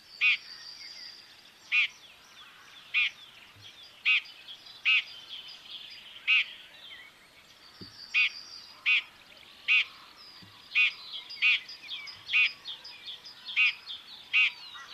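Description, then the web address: Common chaffinch calls: short, sharp metallic notes repeated about once a second, many in all, over a quiet background. "Deverinetal 2025 File origin Bird Only Fr Co"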